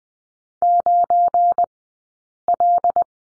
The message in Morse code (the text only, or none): 9L